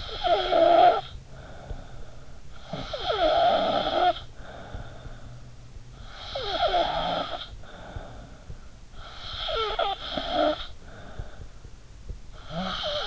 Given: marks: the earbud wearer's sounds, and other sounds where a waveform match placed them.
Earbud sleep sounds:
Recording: sounds in sleep by an in-ear microphone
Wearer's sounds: snoring breath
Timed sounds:
0.00-13.07 s: snoring breath

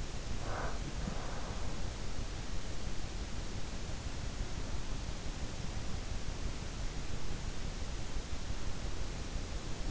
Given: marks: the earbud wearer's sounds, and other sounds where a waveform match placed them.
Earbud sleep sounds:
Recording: sounds in sleep by an in-ear microphone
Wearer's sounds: breath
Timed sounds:
0.00-1.99 s: breath

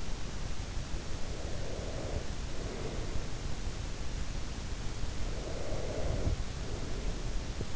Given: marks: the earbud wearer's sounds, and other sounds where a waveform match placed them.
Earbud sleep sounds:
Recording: sounds in sleep by an in-ear microphone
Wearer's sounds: breath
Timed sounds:
1.22-3.89 s: breath
5.29-7.76 s: breath

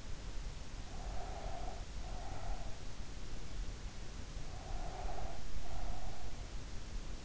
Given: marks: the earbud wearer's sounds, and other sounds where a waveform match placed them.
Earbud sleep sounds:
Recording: sounds in sleep by an in-ear microphone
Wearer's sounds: breath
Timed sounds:
0.93-2.81 s: breath
4.48-6.39 s: breath

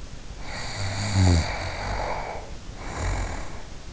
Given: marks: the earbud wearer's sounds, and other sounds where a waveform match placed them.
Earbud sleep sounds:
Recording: sounds in sleep by an in-ear microphone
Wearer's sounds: snoring breath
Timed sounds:
0.41-3.92 s: snoring breath

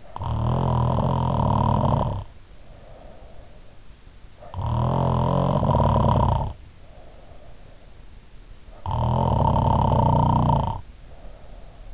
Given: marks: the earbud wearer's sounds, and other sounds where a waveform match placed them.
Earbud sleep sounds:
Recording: sounds in sleep by an in-ear microphone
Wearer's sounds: snoring breath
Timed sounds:
0.00-3.60 s: snoring breath
4.34-7.95 s: snoring breath
8.75-11.94 s: snoring breath

